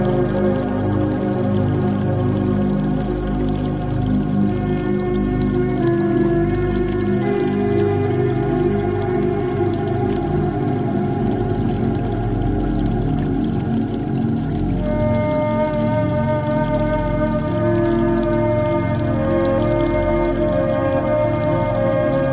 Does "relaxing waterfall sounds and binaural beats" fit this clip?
yes